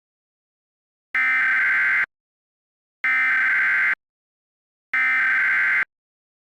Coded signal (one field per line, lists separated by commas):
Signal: Emergency Alert System (SAME) tones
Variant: header bursts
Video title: EAS Scenario | The Sun Explodes